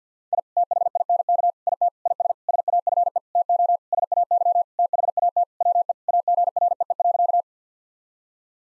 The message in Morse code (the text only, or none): I THINK IT IS SAFE TO SAY THAT WE AGREE.